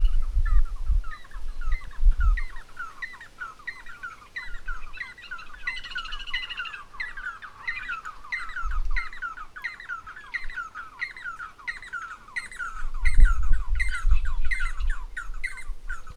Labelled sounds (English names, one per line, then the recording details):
Red-and-yellow Barbet
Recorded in northern Uganda